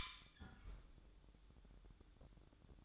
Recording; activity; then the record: daily activity, microphone in the room; close fridge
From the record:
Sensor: 3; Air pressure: 1007.7 hPa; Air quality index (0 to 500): 67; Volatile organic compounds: 1 ppm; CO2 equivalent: 632 ppm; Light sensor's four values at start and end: 13/29/12/12 and 13/30/12/13